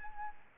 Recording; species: mosquito wingbeat signal from an infrared sensor; Aedes albopictus